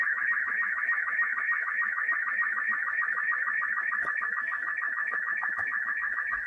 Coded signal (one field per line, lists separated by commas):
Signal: SSTV (slow-scan television)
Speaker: so I'm now going to send that picture along the wire